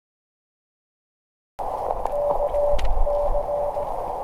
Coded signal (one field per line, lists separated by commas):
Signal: Morse code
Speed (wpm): 17 wpm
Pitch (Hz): 580 Hz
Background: none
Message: KC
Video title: Listen and Copy Morse Code - #CW #morsecode